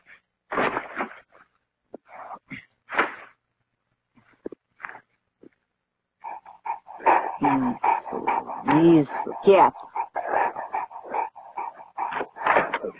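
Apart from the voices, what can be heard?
dog barking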